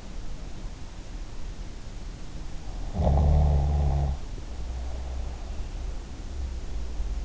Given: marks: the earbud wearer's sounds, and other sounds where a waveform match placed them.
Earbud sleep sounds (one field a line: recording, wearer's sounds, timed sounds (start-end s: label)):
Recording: sounds in sleep by an in-ear microphone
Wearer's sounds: snoring breath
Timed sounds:
2.80-5.63 s: snoring breath